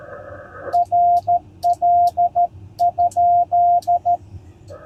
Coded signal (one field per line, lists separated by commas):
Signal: Morse code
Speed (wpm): 13 wpm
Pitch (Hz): 700 Hz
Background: radio noise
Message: RL?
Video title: Successful CW POTA Activation at Ft Harrison State Park!